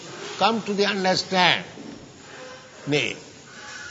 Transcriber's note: loud creaking sound in background